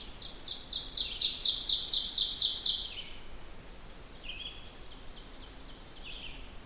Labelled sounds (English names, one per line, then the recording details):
Ovenbird song
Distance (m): 10 m
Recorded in boreal forest in Alberta, Canada, on 16 June 2016 at 08:06
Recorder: SongMeter 3, array SBT-3-32
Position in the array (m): 142 m, 27 m
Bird 36